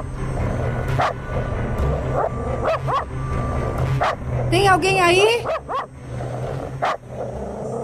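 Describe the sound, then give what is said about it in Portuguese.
A dog named Rico Suave barks in short, sharp bursts with a few higher yips and a whining, wavering cry, over a steady low rumble while a person briefly speaks. “Rico Suave, por que você tá latindo, hein? Cachorro danado.”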